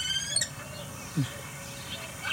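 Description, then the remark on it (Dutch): A mimicking bird imitates a lapwing's call: a brief, sharp high note followed by a short squawky upward sweep, set against a steady low background hum. “Kieviet, ja.”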